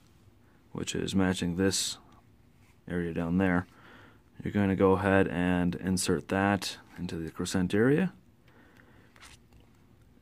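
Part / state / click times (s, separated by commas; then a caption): prescription lens insert into goggle adaptor / not seated / none. Someone talks while a plastic prescription lens insert for Smith Optics ODS3 goggles is lined up and positioned in the croissant-shaped slot of its goggle adaptor. After the talking stops, a few faint, brief handling ticks follow between about 8.5 and 9.6 seconds. The insert has not snapped in yet.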